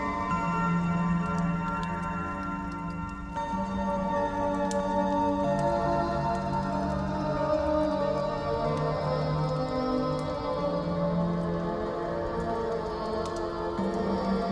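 Calm, sustained piano chords ring and blend smoothly at a steady volume, with faint campfire crackles popping now and then in the background.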